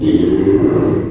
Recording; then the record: squeal of a Yucatan mini pig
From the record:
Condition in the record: before surgery on the right vocal fold (resection and tissue-engineered implant); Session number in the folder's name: 1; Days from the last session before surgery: -3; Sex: male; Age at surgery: 12 weeks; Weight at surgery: 13 kg